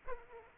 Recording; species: mosquito wingbeat signal from an infrared sensor; Aedes aegypti